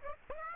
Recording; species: mosquito wingbeat signal from an infrared sensor; Aedes aegypti